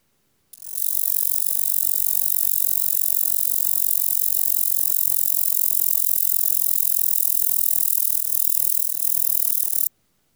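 Roesel's bush-cricket song: a continuous, very high, shrill buzzing reel, unbroken for about nine seconds, starting and stopping abruptly.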